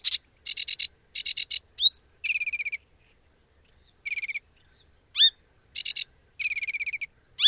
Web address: Madardalok - Foltos nádiposzáta